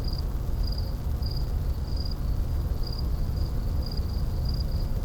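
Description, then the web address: Cricket chirping: short high pulses repeated about twice a second over a constant low rumble. Urban night setting with electrical hum. "boom library Urban and Suburban. Urban night electricity cricket"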